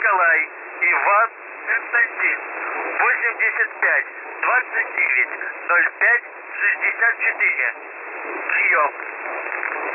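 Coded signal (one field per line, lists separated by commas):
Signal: coded military voice message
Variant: UVB-76, Russian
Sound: voice reading Russian number groups over radio, ending with 'Priyom'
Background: radio static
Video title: UVB-76/The Buzzer (22nd August 2020, 10:12 UTC) - very long voice message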